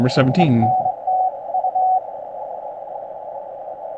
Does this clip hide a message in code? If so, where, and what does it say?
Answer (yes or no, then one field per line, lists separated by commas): yes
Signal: Morse code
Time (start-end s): 0.4-2.0 s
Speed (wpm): 22 wpm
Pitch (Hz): 750 Hz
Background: speech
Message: EN TU